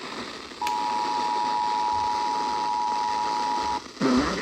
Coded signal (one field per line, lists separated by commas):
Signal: Emergency Alert System (SAME) tones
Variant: 853 and 960 Hz attention tone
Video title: EAS Alerts From 5/2/25: A Compilation (EAS 585-599)